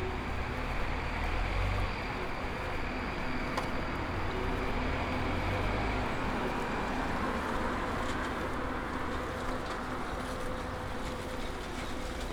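Steady traffic noise fills a walk toward Prešernova Cesta in Ljubljana, a dense low rumble with a faint hum running through it. Small clicks and taps, likely footsteps, occur every second or so, and a deeper engine swell passes around the two- and five-second marks.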